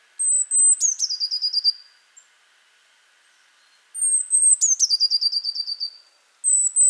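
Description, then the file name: Eurasian blue tit song, two full phrases of a piercing high note that drops into a rapid buzzy trill, and a third phrase beginning at the end. "Cyanistes caeruleus"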